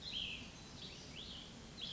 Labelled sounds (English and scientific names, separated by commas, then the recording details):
Cassin's Vireo (Vireo cassinii)
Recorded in Sonoma County, California